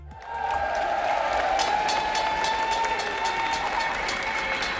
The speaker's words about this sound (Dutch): Applaus, spandoeken.